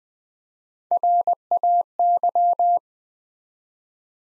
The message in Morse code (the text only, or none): RAY